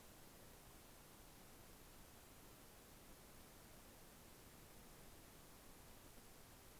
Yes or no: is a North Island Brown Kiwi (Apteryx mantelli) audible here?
no